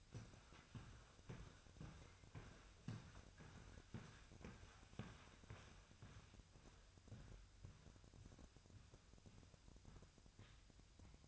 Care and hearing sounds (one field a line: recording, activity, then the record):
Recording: daily activity, microphone in the room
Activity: walk to room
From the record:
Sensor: 2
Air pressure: 999.3 hPa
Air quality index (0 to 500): 192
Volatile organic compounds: 25 ppm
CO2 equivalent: 2842 ppm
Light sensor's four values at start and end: 7/17/7/7 and 7/17/7/7